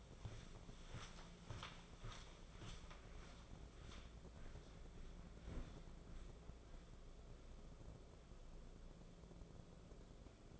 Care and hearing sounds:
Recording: daily activity, microphone in the room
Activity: walk to room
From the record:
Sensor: 5

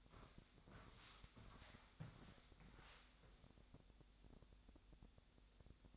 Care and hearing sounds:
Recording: daily activity, microphone in the room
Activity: walk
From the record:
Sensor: 3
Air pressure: 1000.5 hPa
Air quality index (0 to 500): 163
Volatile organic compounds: 3 ppm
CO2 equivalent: 1427 ppm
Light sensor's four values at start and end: 15/38/16/16 and 17/45/18/20

